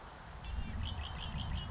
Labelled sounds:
Red-winged Blackbird
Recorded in Sonoma County, California

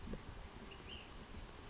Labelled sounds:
Ash-throated Flycatcher
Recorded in Sonoma County, California

